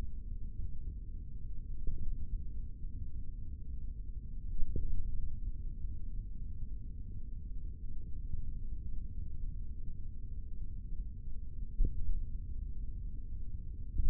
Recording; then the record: forearm muscle sounds (acoustic myography)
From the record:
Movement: index flexion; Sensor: system 3, bracelet of six PUI Audio POM-2738L microphones around the upper forearm, with dedicated amplification and filtering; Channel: 2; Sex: male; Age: 25 years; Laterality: right